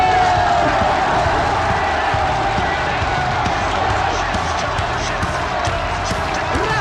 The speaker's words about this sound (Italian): Bravo. 92 minuti di applausi.